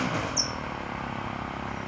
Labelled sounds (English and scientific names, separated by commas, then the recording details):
California Towhee (Melozone crissalis)
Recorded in Sonoma County, California